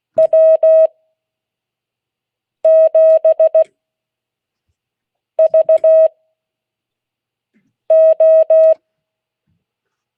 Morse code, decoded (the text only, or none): W7VO